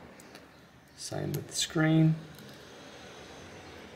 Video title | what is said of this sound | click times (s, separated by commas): Samsung Galaxy S20 FE Charger Port Replacement | scanner line it up push down should click into position | 0.2 s, 0.4 s